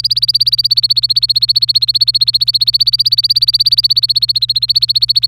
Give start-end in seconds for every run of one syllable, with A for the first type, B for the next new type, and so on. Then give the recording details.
0.00-5.26 A. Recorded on 25 April 2018 at 17:43. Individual llb3